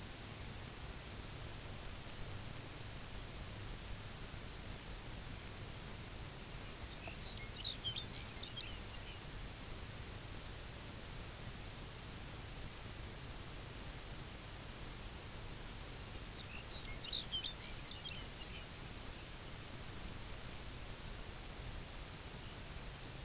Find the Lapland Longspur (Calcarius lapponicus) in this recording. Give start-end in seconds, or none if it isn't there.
6.83-9.29, 16.19-18.74, 22.24-23.18